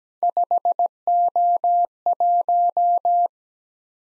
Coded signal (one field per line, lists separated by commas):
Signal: Morse code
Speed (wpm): 17 wpm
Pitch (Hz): 700 Hz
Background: none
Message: 5O1